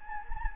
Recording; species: mosquito wingbeat signal from an infrared sensor; Anopheles gambiae